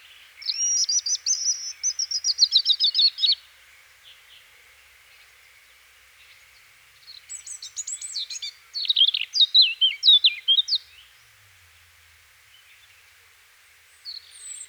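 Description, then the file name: European robin song, a rapid repeated trill followed later by jumbled high twittering phrases, quiet stretches between them. "Erithacus rubecula"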